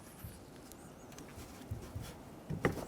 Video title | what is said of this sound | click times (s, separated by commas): How to Replace Front Window Regulator 2004-2015 Nissan Titan | press it in listen for a click give it a tug to make sure it's completely secure | 2.6 s